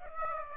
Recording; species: mosquito wingbeat signal from an infrared sensor; Aedes aegypti